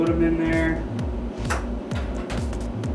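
A RAM module is handled and lined up over a motherboard memory slot while someone talks over background music, with a few brief faint ticks. Nothing has seated or clicked yet; the retention clips have not snapped.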